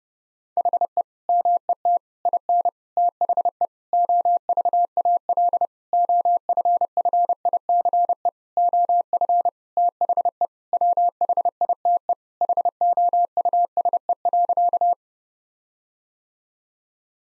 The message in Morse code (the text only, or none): HE MET IN THE OVAL OFFICE OF THE WHITE HOUSE.